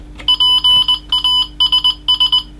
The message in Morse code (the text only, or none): PASS